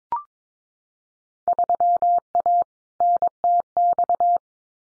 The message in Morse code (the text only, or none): 3A NTX